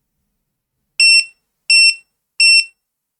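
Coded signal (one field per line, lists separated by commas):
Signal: none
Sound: a buzzer's test beeps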